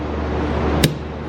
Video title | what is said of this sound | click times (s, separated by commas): How To Replace Rear Window Wiper on a Volkswagen Tiguan | a little bit and then it should slide right in you'll hear a click | 0.8 s